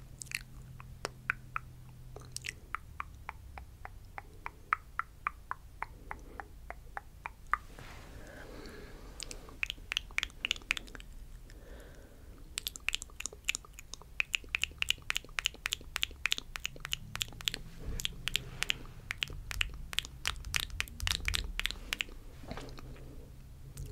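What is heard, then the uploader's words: Crisp mouth sounds and camera tapping come in quick, regular click runs, sparse early, then densest from about thirteen to twenty-two seconds. ASMR Finger Circles, Camera Tapping & Mouth Sounds.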